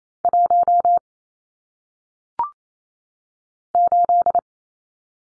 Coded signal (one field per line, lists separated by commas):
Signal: Morse code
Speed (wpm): 28 wpm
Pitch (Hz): 700 Hz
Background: none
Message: 1 8